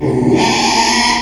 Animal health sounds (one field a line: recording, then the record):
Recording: squeal of a Yucatan mini pig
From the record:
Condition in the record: after surgery on the right vocal fold (resection and tissue-engineered implant)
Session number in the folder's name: 2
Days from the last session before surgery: 13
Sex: male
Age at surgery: 12 weeks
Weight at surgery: 13 kg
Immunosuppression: cyclosporine, prednisolone